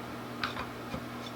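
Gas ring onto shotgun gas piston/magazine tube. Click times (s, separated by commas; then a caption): 0.4 s. A steel gas ring is fitted front first onto the gas piston and magazine tube of a Garaysar MKA 1923 bullpup semi-auto shotgun during a gas ring swap. A short, sharp tick at 0.4 s marks the ring snapping into place, followed by a couple of fainter ticks. The gas ring is seated.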